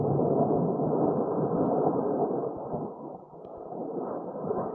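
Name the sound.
thunder rumbling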